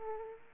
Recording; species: mosquito wingbeat signal from an infrared sensor; Aedes aegypti